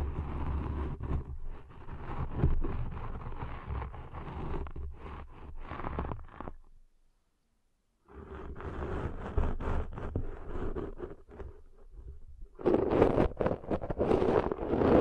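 Deep ear cleaning sounds: dense, muffled rubbing and scraping with a low rumble, busy with quick crackles through the first six seconds. About a second of silence follows, then the scratching returns and turns brighter and louder, with sharp clicks, from about 12.5 seconds.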